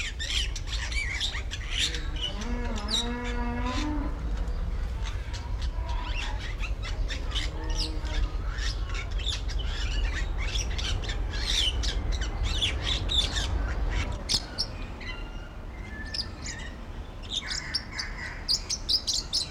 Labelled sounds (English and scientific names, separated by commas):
Bali Myna (Leucopsar rothschildi)